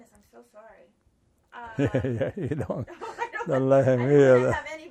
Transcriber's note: laughs